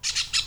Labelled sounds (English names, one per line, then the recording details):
Brown-throated Parakeet contact call
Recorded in Venezuela
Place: Cerro Saroche, Hato Dalmatela, Edo. Lara
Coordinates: 10.149, -69.534